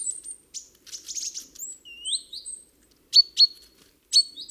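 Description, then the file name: Great tit calls: a rising whistled sweep, thin high notes and dry ticking, then several loud sharp clicks near the end. "Parus major"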